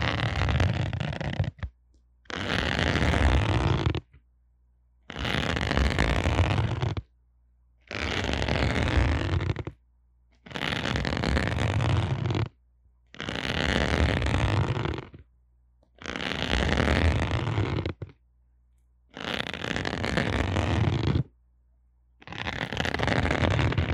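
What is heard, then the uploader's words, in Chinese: A lavalier microphone is handled and fiddled with, producing loud rough rubbing and buffeting noise from deep rumble up to hiss. It comes in regular bursts of about two seconds, separated by short silent pauses, roughly nine times across the clip. ASMR 各種玩弄線麥-蛋蛋的哀傷 | Lo-fi Earphone Mic | Lo-fi | No Talking。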